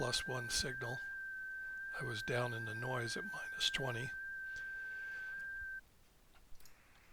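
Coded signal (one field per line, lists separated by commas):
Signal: FT8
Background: speech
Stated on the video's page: FT8 from a G90 transceiver with XPA125B amplifier, using WSJT-X.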